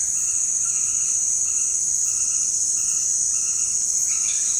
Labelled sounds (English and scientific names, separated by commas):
none